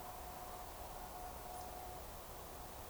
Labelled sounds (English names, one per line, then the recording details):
Eurasian Woodcock whistle
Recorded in Baden-Württemberg, Germany, on 15 June 2020 at 02:23 UTC
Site 43791, 788 m above sea level